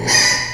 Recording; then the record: squeal of a Yucatan mini pig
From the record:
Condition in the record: before surgery on the right vocal fold (resection and tissue-engineered implant); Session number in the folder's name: 2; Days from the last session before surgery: 0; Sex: male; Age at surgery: 12 weeks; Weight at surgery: 13 kg